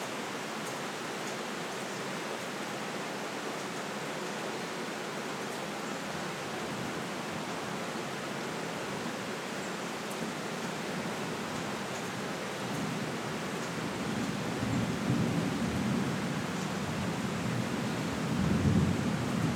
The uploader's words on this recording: Rain + Thunderstorm Sleep Sounds Meditation. The soothing sounds of a summer storm.